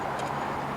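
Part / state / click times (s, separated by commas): solar trunk cable connector into microinverter output connector / not seated / none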